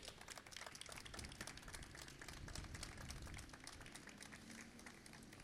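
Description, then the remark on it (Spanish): A crowd at a public cultural event in Rosario, Argentina applauds steadily for several seconds, a dense wash of many hands clapping at once with no break in intensity. “Fuerte el aplauso, che.”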